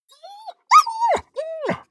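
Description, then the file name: Dog whining in three drawn-out nasal tones, each holding steady and then dropping sharply, with short silent gaps between them. Dog whining with a trill. "dog whine trill"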